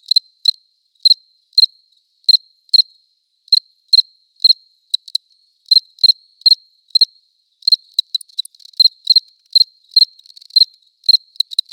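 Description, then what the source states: Cricket giving steady, piercing chirps in a regular beat, turning into quicker, fluttering pulses toward the end. Close recording, León.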